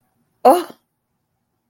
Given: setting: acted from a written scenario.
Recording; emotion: vocal sound without words; awe